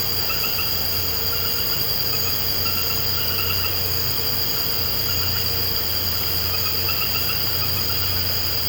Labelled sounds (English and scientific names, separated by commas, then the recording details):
none
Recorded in pastures near Puerto Asís, Putumayo, Colombia, on 13 March 2025 at 21:00
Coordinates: 0.466, -76.322
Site CSA-02